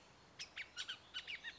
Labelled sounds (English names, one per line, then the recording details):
Bullock's Oriole
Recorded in Sonoma County, California